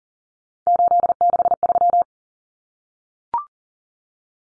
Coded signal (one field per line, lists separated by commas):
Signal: Morse code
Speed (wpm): 40 wpm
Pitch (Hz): 700 Hz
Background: none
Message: 863